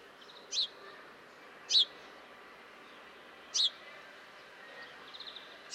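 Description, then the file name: House sparrow calling with single sharp chirps at uneven gaps, faint soft ticking between notes, steady background hiss. "Passer domesticus"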